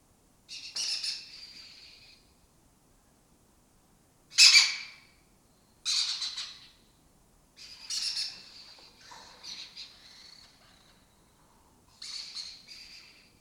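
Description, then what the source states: Lesser kestrel giving harsh, grating high calls in separate bursts, some louder and sharper than others, with quiet gaps. Colony breeding in an abandoned building complex in Doñana, southern Europe; migratory species foraging in West Africa.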